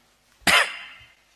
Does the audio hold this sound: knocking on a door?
no